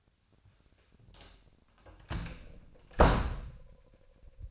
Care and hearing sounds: daily activity, microphone in the room; close door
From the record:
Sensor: 2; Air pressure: 1007.1 hPa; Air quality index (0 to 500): 191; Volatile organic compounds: 12 ppm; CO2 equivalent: 2339 ppm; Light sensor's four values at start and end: 10/24/10/10 and 10/23/10/10

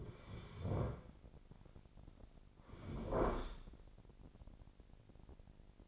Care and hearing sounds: daily activity, microphone in the room; sit down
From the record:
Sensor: 5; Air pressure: 1009.4 hPa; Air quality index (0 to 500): 153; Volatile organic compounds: 2 ppm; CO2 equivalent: 1176 ppm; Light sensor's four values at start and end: 229/550/233/253 and 225/541/229/248

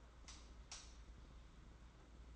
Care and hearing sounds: daily activity, microphone in the room; light off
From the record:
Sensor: 3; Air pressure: 991.9 hPa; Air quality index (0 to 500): 218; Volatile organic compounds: 1000 ppm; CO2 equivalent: 7471 ppm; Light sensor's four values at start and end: 22/57/23/20 and 15/37/14/13

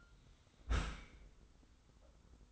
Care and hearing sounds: daily activity, microphone in the room; close dishwasher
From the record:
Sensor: 3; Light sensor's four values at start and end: 41/96/39/37 and 41/96/39/37

